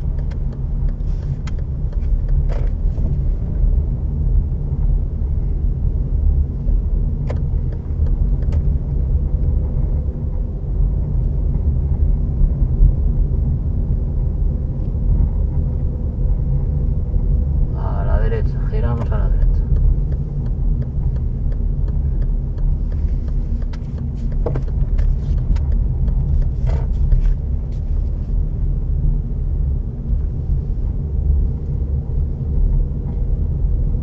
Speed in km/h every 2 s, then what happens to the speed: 18, 15, 17, 21, 20, 21, 23, 23, 23, 23, 22, 20, 19, 16, 16, 19, 20.
0-34 steady at about 20.